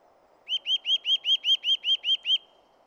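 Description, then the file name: Eurasian nuthatch giving a fast, regular string of ten ringing, slightly rising-then-falling notes, about five per second, over a faint low background hum. "Sitta europaea"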